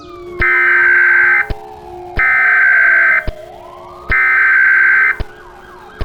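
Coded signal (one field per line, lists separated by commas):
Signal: Emergency Alert System (SAME) tones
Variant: header bursts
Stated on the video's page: Simulated EAS scenario with valid SAME tones, part of a fictional horror-themed alert.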